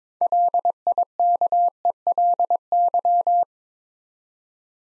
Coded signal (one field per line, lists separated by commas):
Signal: Morse code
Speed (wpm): 21 wpm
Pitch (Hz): 700 Hz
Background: none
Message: LIKELY